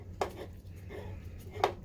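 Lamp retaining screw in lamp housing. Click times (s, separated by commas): 1.6 s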